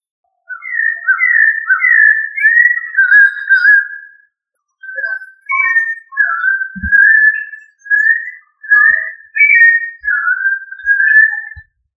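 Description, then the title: Thrush singing clear whistled phrases, short fluty notes rising and falling in quick runs, repeated in bursts with brief pauses between them. "Familia Turdidae - Sabia"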